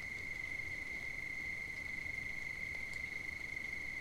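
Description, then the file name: Crickets calling, a continuous high steady trill holding one pitch, with faint higher tones above and a low background hiss. Recorded at night on 5 September 2009. "20090905 night-crickets"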